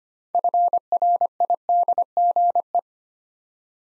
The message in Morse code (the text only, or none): FRIDGE